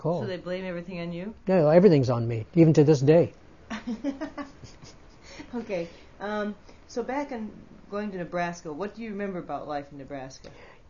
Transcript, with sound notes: So they blame everything on you?
Yeah. Well, everything's on me, even to this day.
( she laughs ) Okay. So back, going to Nebraska, what do you remember about life in Nebraska?